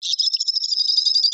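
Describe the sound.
White-throated swift calling a fast, high, buzzy trill of evenly spaced notes, held steadily throughout.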